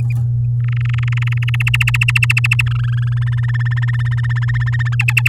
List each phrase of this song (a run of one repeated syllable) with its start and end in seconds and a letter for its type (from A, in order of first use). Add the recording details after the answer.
0.60-1.56 A, 1.60-2.62 B, 2.66-3.24 C, 3.26-4.95 D, 4.99-5.28 E. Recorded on 10 May 2018 at 12:30. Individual llb16